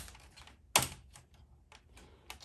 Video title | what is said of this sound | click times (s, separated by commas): Trail Boss color matching begins!!! | boom just like that as you saw she snapped back in there perfect nice and secure not going anywhere | 0.8 s